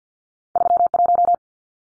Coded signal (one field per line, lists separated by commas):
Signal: Morse code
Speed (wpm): 50 wpm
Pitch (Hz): 700 Hz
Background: none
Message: 31